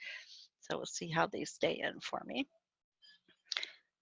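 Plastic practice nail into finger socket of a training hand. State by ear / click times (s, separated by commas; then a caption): seated / 3.5 s, 3.6 s. Someone talks, then a plastic practice nail plate is pushed into the finger socket of a nail-training hand and clicks at 3.5, 3.6 and 3.6 seconds as it seats. The nail is confirmed in place.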